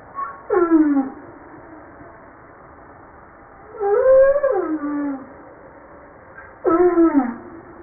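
Humpback whale song units: three separate harmonic cries, mostly falling in pitch, spaced a few seconds apart over low hiss.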